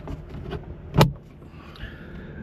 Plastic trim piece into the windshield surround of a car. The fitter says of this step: as you guys heard that click that click means that